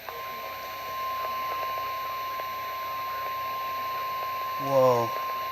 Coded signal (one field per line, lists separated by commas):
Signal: Emergency Alert System (SAME) tones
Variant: 1050 Hz attention tone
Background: speech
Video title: (EAS #35) Severe Thunderstorm Warning for Dane and Jefferson, Wisconsin